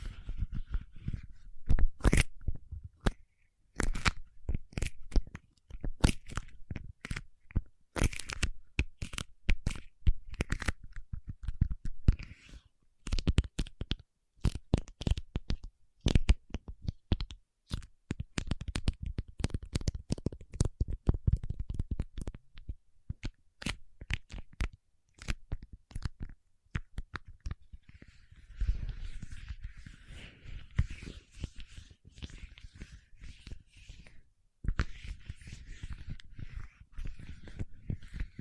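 Paraffin wax is peeled, tapped and scratched in dense bursts of sharp clicks and crackles, with a softer scratchy hiss after about 28 seconds.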